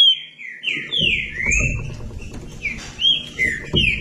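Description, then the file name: Green-winged saltator song of slurred whistled notes, rising and falling, with low rumbling background noise. "canto do trinca ferro"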